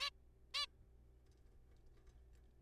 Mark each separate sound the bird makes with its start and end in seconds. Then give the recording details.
0.01-0.10, 0.54-0.66. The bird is a juvenile. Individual R3428